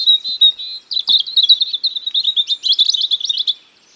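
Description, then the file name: European robin song: a run of thin, high twittering notes and short trills, shifting pitch and pace over about three and a half seconds. "Erithacus rubecula"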